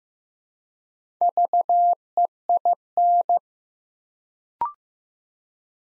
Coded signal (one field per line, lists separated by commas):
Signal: Morse code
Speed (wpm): 15 wpm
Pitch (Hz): 700 Hz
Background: none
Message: VEIN